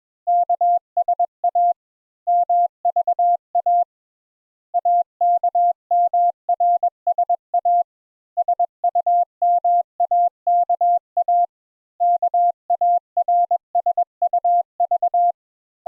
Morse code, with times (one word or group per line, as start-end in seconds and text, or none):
0.3-1.7 KSA
2.3-3.8 MVA
4.8-7.8 AKMRSA
8.4-11.4 SUMAKA
12.0-15.3 KARSUV